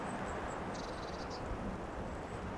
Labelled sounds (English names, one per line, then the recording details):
Eurasian Blue Tit
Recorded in Germany
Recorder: ecoPi